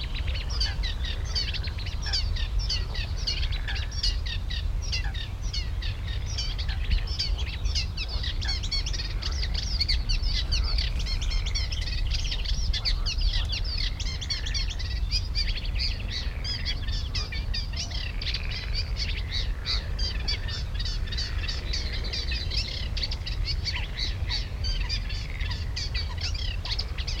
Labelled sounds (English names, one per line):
Eurasian Reed Warbler